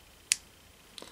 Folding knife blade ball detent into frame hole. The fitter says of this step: is why you hear that little click it's like then so you have a half stop little have stopped detent right there